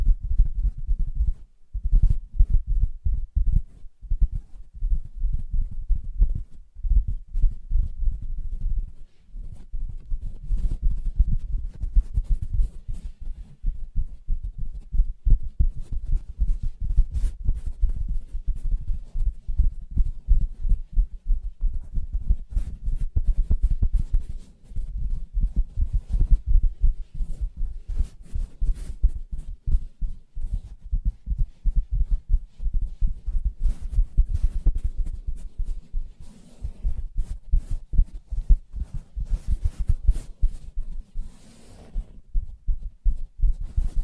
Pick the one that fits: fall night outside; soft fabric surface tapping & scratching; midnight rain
soft fabric surface tapping & scratching